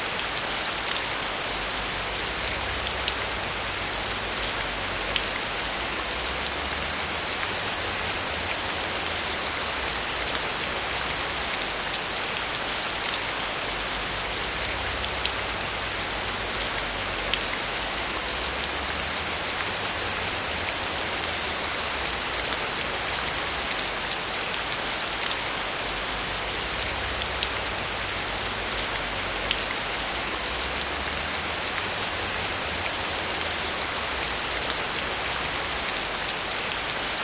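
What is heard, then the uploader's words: Heavy rain pours down in a steady, dense hiss that stays at the same loudness from start to finish. The sound is bright, full of fine patter on a surface, with a faint low rumble swelling and fading underneath every several seconds. Heavy Rain.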